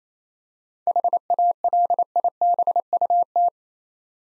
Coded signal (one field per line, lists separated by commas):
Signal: Morse code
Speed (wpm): 27 wpm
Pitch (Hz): 700 Hz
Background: none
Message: HALIBUT